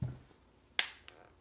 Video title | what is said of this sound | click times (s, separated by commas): Hitcase Pro - Close Up - iPhone 5 / iPhone 5S Waterproof Cases | there we go and it's a really type of like satisfying snap | 0.8 s